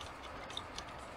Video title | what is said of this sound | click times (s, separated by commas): Will It Run - 2003 Land Rover Freelander. MS43 ECU reading and writing too! | so again see here click and then you just kind of | 0.6 s, 0.8 s